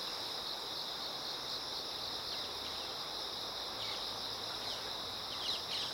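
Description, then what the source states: Insects droning steadily in a continuous high shimmer, with brief faint chirps near the middle and end, all over a broad rush of running water. Many insects singing in chorus beside a slowly flowing river.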